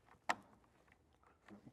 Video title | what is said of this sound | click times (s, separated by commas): HOW TO INSTALL WET SOUNDS HARLEY-DAVIDSON AUDIO KITS - ROAD GLIDE & STREET GLIDE UPGRADE | Make sure that clicks into place. | 0.3 s